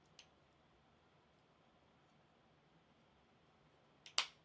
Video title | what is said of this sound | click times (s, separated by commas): Formbot Trident 250 Kit Assembly (Trident Part 4) | heard it snapping together so that's good | 4.2 s